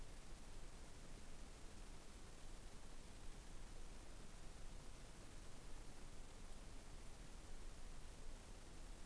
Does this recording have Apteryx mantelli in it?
no